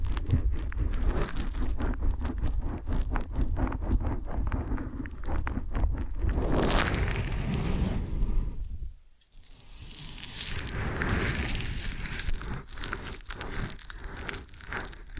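Ear and scalp massage with dense, close crackling and crinkling rubs, sounding like fingers working over hair and skin. A low steady rumble sits under the first half, then the sound drops nearly silent around nine seconds before sharper, brighter scratching strokes resume.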